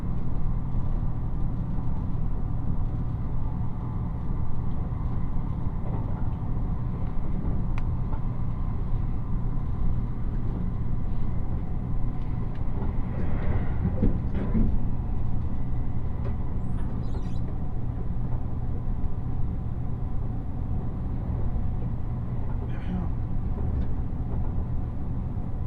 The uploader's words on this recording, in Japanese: 西九州新幹線 長崎→佐賀。西九州新幹線の全線通し、全駅停車の列車に乗って佐賀まで向かいます。